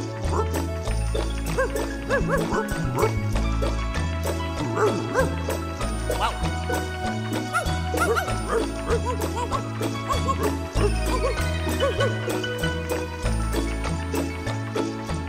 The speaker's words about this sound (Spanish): Me siguen los perros, ladran desde atrás.